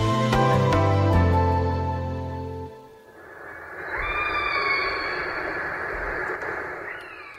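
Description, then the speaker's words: Orca calls, tonal and harmonic, with squeals and a rising upsweep near the end. A short burst of music with sustained chords is heard first. Pod of orcas in Spain communicating with each other. "Det er nemlig lyden af en spækhugger. Her der er det en optagelse fra Spanien, hvor man har fanget lyden af en flok, der taler sammen."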